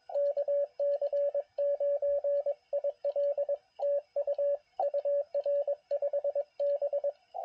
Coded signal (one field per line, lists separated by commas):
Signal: Morse code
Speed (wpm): 22 wpm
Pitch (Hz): 570 Hz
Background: radio noise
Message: KC9IL TU UR 5B